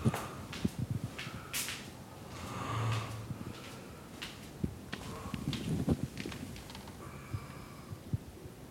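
A man's muffled, low rumbling snore rises and fades around the middle, with a fainter one later, heard through a closed door among small knocks and room noise. It fits ordinary, persistent snoring from an adult man sleeping in another room, recorded during an expedition to Siberia in early 2022.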